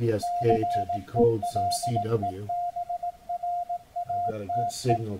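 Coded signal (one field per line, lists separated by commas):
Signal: Morse code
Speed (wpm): 18 wpm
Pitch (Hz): 700 Hz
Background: speech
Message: CELEBRATE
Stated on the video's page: CW received on 7047.505 kHz with an SDRplay RSPdx receiver.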